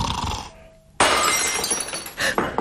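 An empty wine glass is dropped and shatters with a sudden, loud crash, followed by bright tinkling shards and a second burst of breaking glass shortly after.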